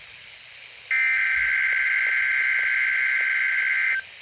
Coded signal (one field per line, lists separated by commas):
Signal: Emergency Alert System (SAME) tones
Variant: header bursts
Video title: 2024 Virginia Statewide Tornado Drill | 3/7/2024 (EAS #1,012)